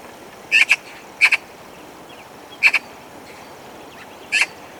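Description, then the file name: Eurasian magpie giving harsh, rasping chak calls, mostly in quick pairs, four bursts spread unevenly over a few seconds against a steady background hiss. "Pica pica"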